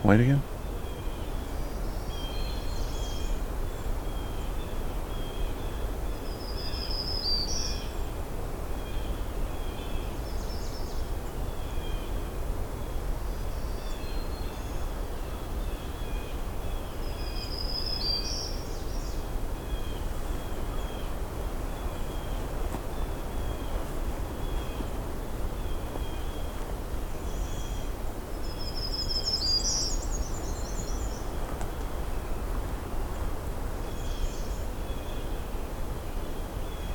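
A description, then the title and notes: Birdsong on an early morning hike, with a clear bright phrase repeating every ten seconds or so, near 8, 18 and 30 seconds. Faint high chirps and a thin steady trill sit between them, over a constant low rumble of background noise. A June Morning Hike. It’s my last day at Johnston Harbour for 2022, and I’m doing an early morning hike - despite some overcast weather, the songs are both abundant and diverse.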